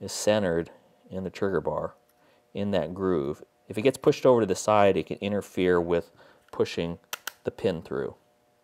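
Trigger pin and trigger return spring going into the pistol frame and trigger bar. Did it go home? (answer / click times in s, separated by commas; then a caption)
no / none. While installing a replacement trigger in a polymer-frame pistol, the trigger return spring is centered in the groove of the trigger bar as the trigger pin is readied to be pushed through the frame and trigger bar. Someone talks throughout, with only faint handling sounds between phrases. Nothing has seated or clicked yet.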